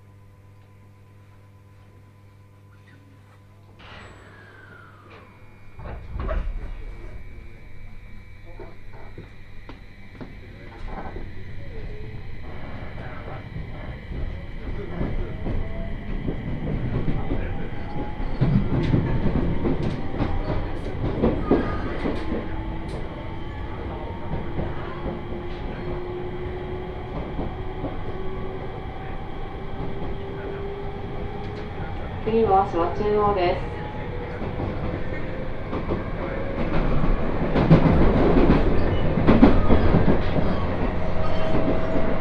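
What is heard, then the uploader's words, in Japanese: A train on the Tohoku Main Line heading north pulls away: quiet at first, then a thump near six seconds and a rumble building steadily as it gains speed. A rising motor whine climbs through the clip, with clattering rail joints, a brief voice, and louder rattling near the end. 東北本線下り 北上→盛岡。701系4両編成。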